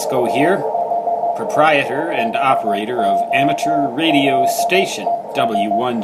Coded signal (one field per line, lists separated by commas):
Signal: Morse code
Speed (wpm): 14 wpm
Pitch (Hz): 690 Hz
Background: speech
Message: THE HOLES